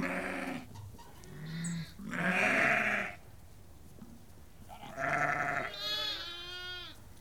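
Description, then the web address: Sheep bleating from a flock, several bleats, one wavering high bleat near the end, others lower and hoarse. About 30 to 50 ewes and lambs calling. "BBC Sound Effects Library (Livestock) About 30-50 Ewes and Lambs Calling"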